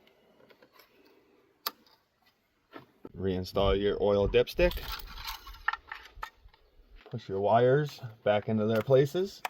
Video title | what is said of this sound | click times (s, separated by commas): Valve cover gasket replacement 2011 - 2015 Chevy Cruze | And push this lock clip back in. | 1.7 s